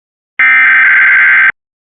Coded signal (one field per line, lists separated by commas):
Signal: Emergency Alert System (SAME) tones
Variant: header bursts